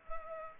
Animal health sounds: mosquito wingbeat signal from an infrared sensor; Culex pipiens

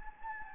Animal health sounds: mosquito wingbeat signal from an infrared sensor; Anopheles gambiae

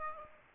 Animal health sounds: mosquito wingbeat signal from an infrared sensor; Aedes aegypti

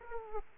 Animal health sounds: mosquito wingbeat signal from an infrared sensor; Aedes aegypti

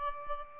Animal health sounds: mosquito wingbeat signal from an infrared sensor; Aedes albopictus

